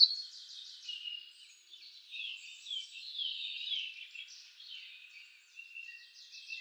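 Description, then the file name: European robin song, a continuous high, rippling warble of varied trills and thin whistles, with scarcely any pause. "Erithacus rubecula"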